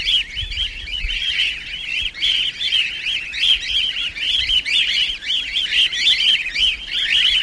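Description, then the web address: Cockatiel chatter, a dense unbroken run of scratchy, overlapping chirps and short whistles that keeps going for the whole stretch. "corella nymphicus hollandicus"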